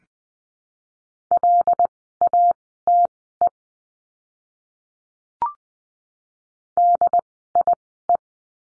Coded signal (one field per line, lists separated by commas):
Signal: Morse code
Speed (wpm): 20 wpm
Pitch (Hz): 700 Hz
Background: none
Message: LATE DIE